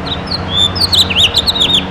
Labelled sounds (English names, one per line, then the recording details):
House Finch song
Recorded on Long Island, New York, on 7 June 2011
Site MV
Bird A